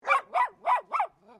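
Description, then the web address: Miniature poodle barking, four quick sharp yappy barks in about one second, followed by a softer, lower whining tail. "Sound Effects-Foundation 1 ANIMAL DOG POODLE MINIATURE BARK"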